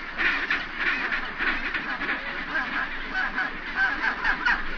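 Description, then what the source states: Chinstrap penguin colony calls, a dense chorus of harsh, braying squawks overlapping constantly, with no single caller standing out. Recorded at a rookery.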